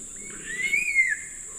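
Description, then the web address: Black-capped donacobius giving one clear whistled note that rises and then slides down, over a steady high background tone. Calls and a duet recorded in the eastern lowlands of South America. "Natures Songs S America Eastern Lowlands. Donacobius atricapilla, calls and duet"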